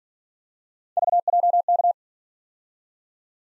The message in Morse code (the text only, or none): VJK